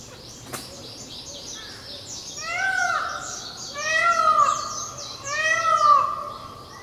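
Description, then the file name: Peafowl calls start after a quiet opening and a single click, then come as three loud harmonic wails, against a busy high-pitched background chorus. Recorded on Miyakojima on 30 April 2016. "indokujaku miyakojima uemurashingo"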